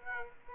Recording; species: mosquito wingbeat signal from an infrared sensor; Aedes aegypti